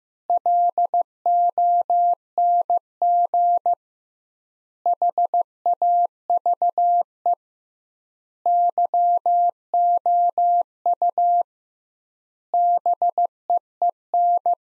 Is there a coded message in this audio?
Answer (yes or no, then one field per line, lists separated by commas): yes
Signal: Morse code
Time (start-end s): 0.3-14.5 s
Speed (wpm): 15 wpm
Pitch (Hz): 700 Hz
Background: none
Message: LONG HAVE YOU BEEN